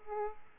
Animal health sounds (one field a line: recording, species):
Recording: mosquito wingbeat signal from an infrared sensor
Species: Aedes aegypti